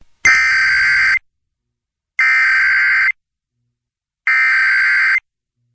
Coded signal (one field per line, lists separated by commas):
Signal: Emergency Alert System (SAME) tones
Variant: header bursts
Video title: WXYT-FM EAS Tests November 2011